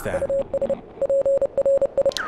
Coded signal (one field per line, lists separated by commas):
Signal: Morse code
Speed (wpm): 30 wpm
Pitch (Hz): 550 Hz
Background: none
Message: US PRI